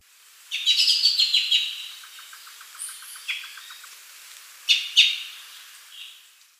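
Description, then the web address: Glossy-black thrush calls: a rapid burst of sharp, high chattering notes, then scattered single chips and a louder double note, with a faint, even series of lower ticks beneath part of it. Recorded in Ecuador. "Birds of Ecuador. Glossy-black Thrush"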